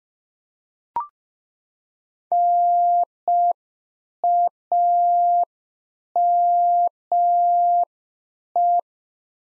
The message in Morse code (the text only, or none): NAME